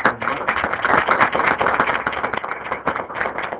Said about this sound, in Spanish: Un aplauso para la maestra.